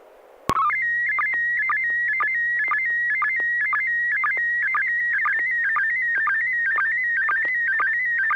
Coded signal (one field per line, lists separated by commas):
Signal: SSTV (slow-scan television)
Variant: PD 120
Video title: N6NA SSTV Net - 05/05/2021